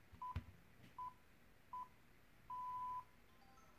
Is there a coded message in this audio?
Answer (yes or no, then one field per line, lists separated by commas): no